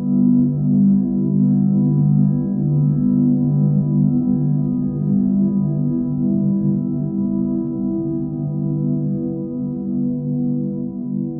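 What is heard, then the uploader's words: Steady, low binaural beat tones hum continuously with gentle pulsations, several layered pitches sustained evenly throughout, no high sounds, no pauses. Gentle pulsations of the binaural beats.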